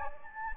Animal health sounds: mosquito wingbeat signal from an infrared sensor; Anopheles gambiae

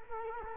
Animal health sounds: mosquito wingbeat signal from an infrared sensor; Culex quinquefasciatus

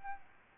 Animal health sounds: mosquito wingbeat signal from an infrared sensor; Aedes albopictus

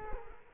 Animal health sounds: mosquito wingbeat signal from an infrared sensor; Culex quinquefasciatus

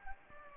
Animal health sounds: mosquito wingbeat signal from an infrared sensor; Anopheles gambiae

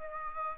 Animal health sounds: mosquito wingbeat signal from an infrared sensor; Aedes aegypti

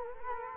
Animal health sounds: mosquito wingbeat signal from an infrared sensor; Culex quinquefasciatus

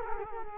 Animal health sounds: mosquito wingbeat signal from an infrared sensor; Culex quinquefasciatus

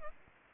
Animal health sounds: mosquito wingbeat signal from an infrared sensor; Aedes aegypti

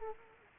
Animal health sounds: mosquito wingbeat signal from an infrared sensor; Culex quinquefasciatus

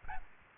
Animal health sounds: mosquito wingbeat signal from an infrared sensor; Aedes albopictus

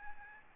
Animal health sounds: mosquito wingbeat signal from an infrared sensor; Aedes albopictus

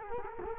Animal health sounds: mosquito wingbeat signal from an infrared sensor; Culex quinquefasciatus

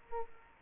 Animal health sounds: mosquito wingbeat signal from an infrared sensor; Culex quinquefasciatus

